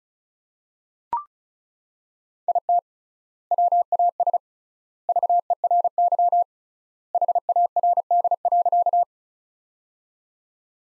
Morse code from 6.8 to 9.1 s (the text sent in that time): HARD.